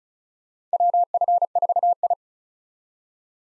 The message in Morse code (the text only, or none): WF4I